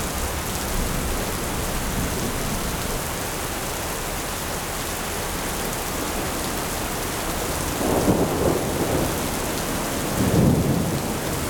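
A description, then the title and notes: A thunderstorm with steady, dense rain hissing across the whole clip at an even level. Deep thunder rumbles swell in around eight seconds and again near ten to eleven seconds, each a low, rolling surge that lifts over the rain before easing back. Thunderstorm Ambient Sounds.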